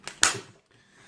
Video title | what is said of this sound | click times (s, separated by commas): Vlog #17 - Helmet Setup | and then simply clicks back into place | 0.2 s